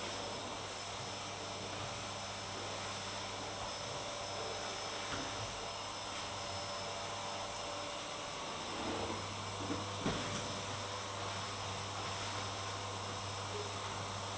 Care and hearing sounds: daily activity, microphone in the room; vacuum cleaning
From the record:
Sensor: 3

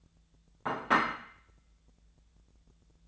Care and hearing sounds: daily activity, microphone in the room; place plate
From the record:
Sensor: 3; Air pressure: 1000.2 hPa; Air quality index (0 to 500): 139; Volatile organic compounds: 2 ppm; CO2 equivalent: 1236 ppm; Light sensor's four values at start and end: 34/86/36/39 and 34/86/36/39

